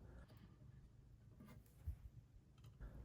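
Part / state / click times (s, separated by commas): float onto fill valve cap / not seated / none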